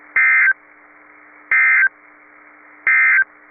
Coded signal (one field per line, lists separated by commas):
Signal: Emergency Alert System (SAME) tones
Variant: end-of-message bursts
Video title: Severe Thunderstorm Warning (EAS #832)